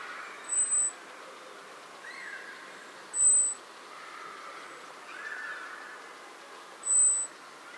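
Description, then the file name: Eurasian blackbird giving three brief, thin, very high notes spaced a few seconds apart, with fainter lower sounds and a soft background hiss. "Turdus merula"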